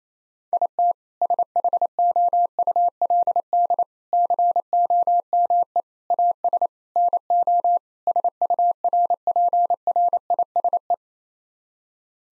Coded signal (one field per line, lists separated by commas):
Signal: Morse code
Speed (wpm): 28 wpm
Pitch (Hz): 700 Hz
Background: none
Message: IT SHOULD COME AS NO SURPRISE